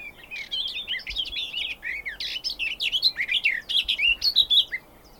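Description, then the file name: Garden warbler singing a long, even, fast-flowing warble of soft chattering and fluty notes without break. "kerti poszata hangja"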